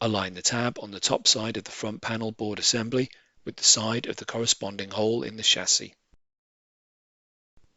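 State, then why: Not seated. A front panel board assembly is aligned with its top tab against the side of the matching hole in the chassis of a Lenovo ThinkSystem ST650 V2 server before being pushed in. Someone talks from about 0 to 6 seconds, followed by near silence. Nothing has seated or clicked yet.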